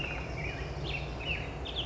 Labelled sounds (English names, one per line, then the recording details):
Black-headed Grosbeak
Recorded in Sonoma County, California